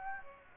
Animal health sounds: mosquito wingbeat signal from an infrared sensor; Aedes aegypti

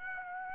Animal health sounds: mosquito wingbeat signal from an infrared sensor; Aedes aegypti

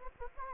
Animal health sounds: mosquito wingbeat signal from an infrared sensor; Anopheles gambiae

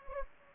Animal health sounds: mosquito wingbeat signal from an infrared sensor; Anopheles gambiae

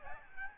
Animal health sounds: mosquito wingbeat signal from an infrared sensor; Aedes albopictus

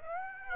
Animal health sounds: mosquito wingbeat signal from an infrared sensor; Aedes aegypti

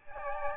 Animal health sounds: mosquito wingbeat signal from an infrared sensor; Aedes albopictus

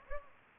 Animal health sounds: mosquito wingbeat signal from an infrared sensor; Anopheles gambiae

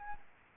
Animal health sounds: mosquito wingbeat signal from an infrared sensor; Aedes albopictus

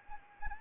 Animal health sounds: mosquito wingbeat signal from an infrared sensor; Anopheles arabiensis

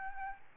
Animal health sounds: mosquito wingbeat signal from an infrared sensor; Aedes albopictus

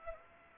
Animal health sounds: mosquito wingbeat signal from an infrared sensor; Aedes aegypti

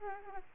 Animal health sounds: mosquito wingbeat signal from an infrared sensor; Aedes aegypti

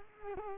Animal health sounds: mosquito wingbeat signal from an infrared sensor; Culex quinquefasciatus

